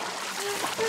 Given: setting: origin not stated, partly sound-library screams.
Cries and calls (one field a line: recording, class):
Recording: one-second piece from a danger detection set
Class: woman in danger